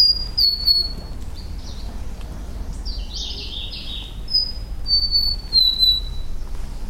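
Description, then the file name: Large-billed leaf warbler song: high, thin whistled notes sliding downward, repeated in short bursts, with a jumble of rapid mid-high notes in between over a steady low rumble. "warbler-large-billed-leaf -Phylloscopus-magnirostris"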